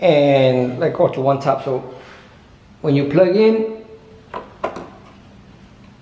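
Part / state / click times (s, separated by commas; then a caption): XLR cable plug into speaker input jack / seated / 4.7 s. An XLR cable plug is pushed into a speaker or subwoofer input jack. Someone talks, then a faint knock at 4.4 s is followed by a sharp click at 4.7 s as the connector seats and locks in place.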